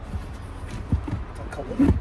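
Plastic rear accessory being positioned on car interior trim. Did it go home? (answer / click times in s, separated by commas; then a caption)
no / none. A plastic rear accessory piece for the other side of a Tesla Model Y is picked up and lined up on the car's interior trim before being pushed in. There are faint handling rustles and soft low bumps near 0.9 s and 1.9 s while someone talks. Nothing has seated or clicked yet.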